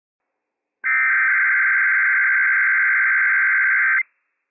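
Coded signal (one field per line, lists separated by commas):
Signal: Emergency Alert System (SAME) tones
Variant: header bursts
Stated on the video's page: Required Weekly Test SAME tones issued by Civil Authorities for the Inland Northwest on NOAA Weather Radio station WWF56; real operational EAS tones.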